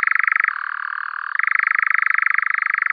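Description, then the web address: European nightjar churring song, a continuous rapid dry trill that shifts to a lower pitch for nearly a second before returning to the higher churr. "Caprimulgus europaeus"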